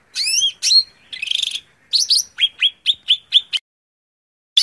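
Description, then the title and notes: Greater green leafbird singing a lively mix of swooping whistles and a harsh rasp, then a run of evenly spaced, sliding whistled notes. Song recording meant as tutor audio (masteran) for training cucak ijo cage birds. "Suara Burung Cucak Ijo. mantap buat masteran burung cak ijo"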